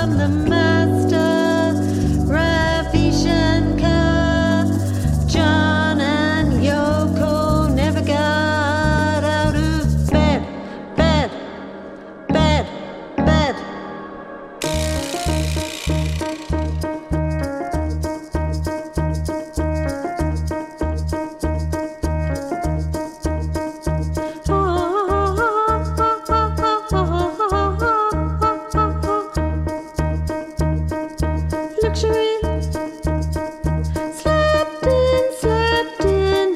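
Music plays at the Taj Palace Hotel in India: a loud, dense passage with deep bass notes and busy melody runs for the first ten seconds, then thins to a few sparse hits. A cymbal-like crash near fifteen seconds starts a steady, regular bass pulse, with a gliding voice-like melody entering around twenty-five seconds.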